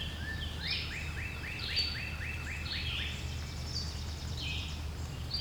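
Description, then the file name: Bird song: a run of quick, repeated chirps, with higher twitters and a steady low rumble beneath. "Relaxing Sounds Lab - Birds Singing"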